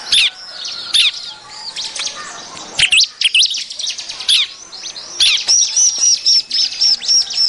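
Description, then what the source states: Bar-winged prinia calls: busy high chirping with sweeping notes, ending in a steady series of clear whistled notes repeated several times a second. Noisy prinia calling used as a lure to attract birds.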